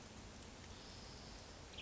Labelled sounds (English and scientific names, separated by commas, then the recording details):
Western Tanager (Piranga ludoviciana)
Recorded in Sonoma County, California